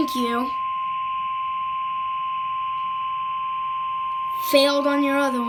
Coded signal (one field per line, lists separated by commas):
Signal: Emergency Alert System (SAME) tones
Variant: 1050 Hz attention tone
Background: speech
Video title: Fail And Success - Required Weekly Tests | EAS #113 & #114